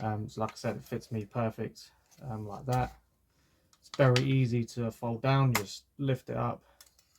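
Someone talks while lifting the metal folding stock of a pistol crossbow to fold it to the side, with a few faint handling taps near the end. The stock is only being handled so far, and nothing has seated or clicked into place yet.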